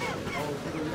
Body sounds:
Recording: coughing mixed with background sound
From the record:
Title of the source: Dry Coughing Fit in the Afternoon.

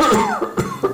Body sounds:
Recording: coughing mixed with background sound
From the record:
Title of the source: Mid-morning Winter Coughing Fit

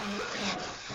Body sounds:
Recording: coughing mixed with background sound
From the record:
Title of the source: Barking cough - # 10

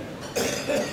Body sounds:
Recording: coughing mixed with background sound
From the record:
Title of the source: Spring Cold Coughing 3

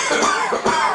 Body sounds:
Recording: coughing mixed with background sound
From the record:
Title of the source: Spring Cold Coughing 2

